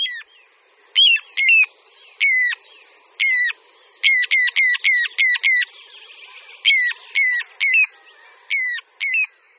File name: Kulík-říční